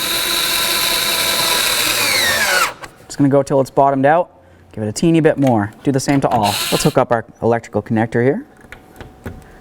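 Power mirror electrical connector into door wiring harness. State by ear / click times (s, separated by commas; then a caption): seated / 8.7 s. A power tool whirs for about the first 2.7 seconds while snugging the side mirror on a 2002-08 Dodge RAM 1500, then someone talks. The power mirror's electrical connector is plugged into the door wiring harness and snaps into its plastic housing with a sharp click at 8.7 s, followed by a couple of lighter ticks. The connector is seated and confirmed locked with a tug.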